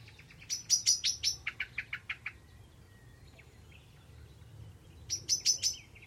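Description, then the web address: Bird chirps: a fast run of high, clipped chirps dropping to lower ticking notes, a pause of nearly three seconds, then another burst of high chirps. "cianscape birddata Deverinetal 2025 Bird Only Tu Me"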